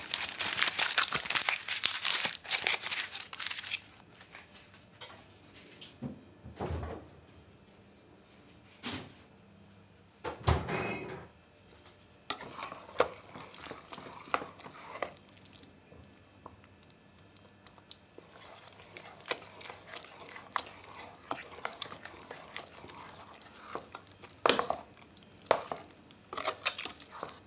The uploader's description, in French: Ça épluche, ça coupe, ça mijote, ça touille